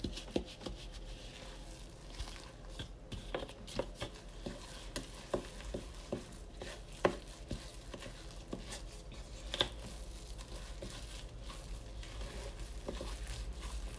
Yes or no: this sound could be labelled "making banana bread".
yes